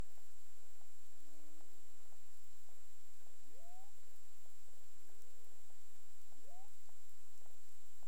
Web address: CARIMAM SAMPLES. BERMUDE 20211704 23 h 59 clic